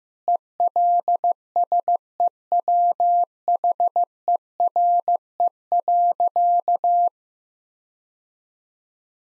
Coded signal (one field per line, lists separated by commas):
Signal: Morse code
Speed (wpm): 15 wpm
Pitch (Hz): 700 Hz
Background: none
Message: ELSEWHERE.